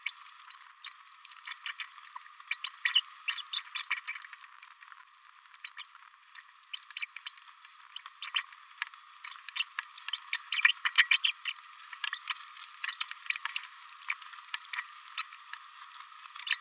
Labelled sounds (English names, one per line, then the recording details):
Green-rumped Parrotlet babbling
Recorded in a nest box in Venezuela
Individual 18B104A3